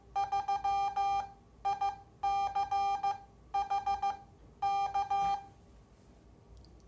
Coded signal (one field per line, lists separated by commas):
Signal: Morse code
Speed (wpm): 15 wpm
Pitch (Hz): 800 Hz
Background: none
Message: 3 ICH K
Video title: The Heathkit SA-5010 μMatic Memory Keyer